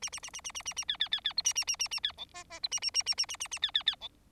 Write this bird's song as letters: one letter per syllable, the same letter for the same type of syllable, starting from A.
A A A A A A A A B B B B C A A A A A B D E E C A A A A A A A A B B B D